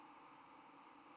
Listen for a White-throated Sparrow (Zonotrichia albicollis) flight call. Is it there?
yes